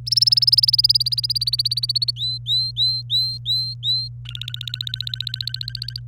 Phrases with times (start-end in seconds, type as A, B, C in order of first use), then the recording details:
0.06-2.11 A, 2.16-4.08 B, 4.26-5.99 C. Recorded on 27 April 2018 at 07:18. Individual llb3